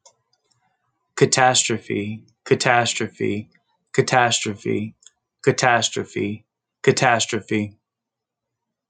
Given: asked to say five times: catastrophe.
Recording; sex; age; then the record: repeated word; male; 30 to 39 years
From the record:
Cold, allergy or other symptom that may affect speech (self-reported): no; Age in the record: 39 years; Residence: Georgia, United States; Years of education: 14